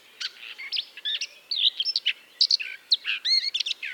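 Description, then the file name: Eurasian blackcap song: a dense, varied warble of quick high chirps, trills and slurred notes, with brief pauses between phrases. "Sylvia atricapilla"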